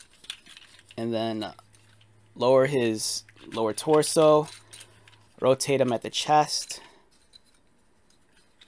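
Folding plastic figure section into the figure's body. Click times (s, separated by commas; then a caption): 0.3 s. A plastic Transformers Cyber Battalion action figure from the Amazon-exclusive Optimus Prime and Megatron 2-pack is mid-transformation from robot to vehicle, with a section folded into the figure's body until it snaps into its locked position. The snap is a sharp click at 0.3 s among a few faint taps, after which someone talks, and a few soft clicks follow near the end.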